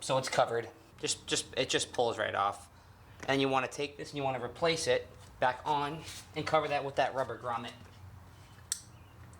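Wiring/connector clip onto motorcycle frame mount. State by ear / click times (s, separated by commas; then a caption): seated / 8.7 s. On a motorcycle, during installation of a crash bar with highway pegs, a wiring connector clip that had been pulled off is pushed back onto its frame mount before its rubber grommet cover goes back over it, while someone talks. A sharp click at 8.7 s shows the clip is properly seated.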